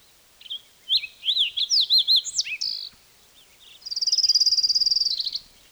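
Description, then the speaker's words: Fox Sparrow song: several slurred whistled notes bouncing up and down, then a pause and a long, even trill of rapid repeated notes. Singing, in a field recording. "fox sparrow singing."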